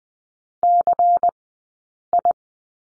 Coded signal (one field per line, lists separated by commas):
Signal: Morse code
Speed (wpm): 20 wpm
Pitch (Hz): 700 Hz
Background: none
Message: CI